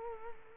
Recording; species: mosquito wingbeat signal from an infrared sensor; Culex quinquefasciatus